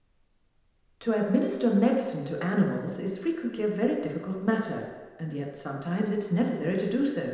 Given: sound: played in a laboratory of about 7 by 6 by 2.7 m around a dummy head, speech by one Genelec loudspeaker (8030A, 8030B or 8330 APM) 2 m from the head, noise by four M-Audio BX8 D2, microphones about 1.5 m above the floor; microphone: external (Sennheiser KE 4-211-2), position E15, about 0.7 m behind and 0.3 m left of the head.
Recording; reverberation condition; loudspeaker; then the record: female speech in English; high; 150 degrees to the left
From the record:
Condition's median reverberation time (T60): about 1300 ms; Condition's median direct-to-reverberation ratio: about -4.0 dB